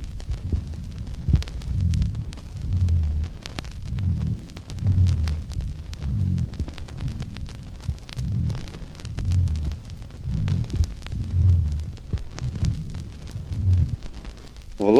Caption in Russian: В более крупных бронхах возникают гудящие низкие басовые звуки. Сухие гудящие хрипы.